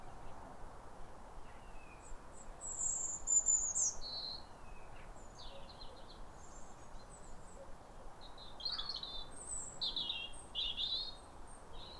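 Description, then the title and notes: European robin song of high, silvery warbled phrases in short bursts, over steady background noise. Pair of robins in neighbouring gardens duetting with wistful phrases at a clear, calm, rosy sunrise in winter around New Year, after weeks of rain. "Sound Escape 150: Be uplifted by a chorus of New Year's robins. A pair of robins in neighbouring gardens welcome the early sun with wistful phrases as if chatting over the fence. BBC Countryfile Magazine's Sound Escapes. Recorded by Fergus Collins"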